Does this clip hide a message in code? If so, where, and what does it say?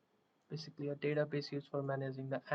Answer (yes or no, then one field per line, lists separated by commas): no